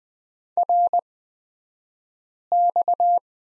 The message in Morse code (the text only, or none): RX